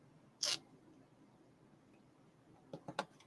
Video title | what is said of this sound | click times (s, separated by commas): Foamer Friday - "O" Scale Diner Assembly - Scale Model Railroad Chat! Episode 3 -Iron Horse | oh yeah you could hear that snap in | 3.0 s